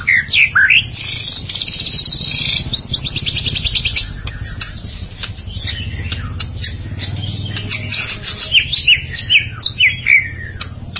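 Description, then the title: White-rumped shama singing high, varied phrases including a fast buzzy trill and sweeping whistles, over a steady low background hum. "Kicau Murai Batu"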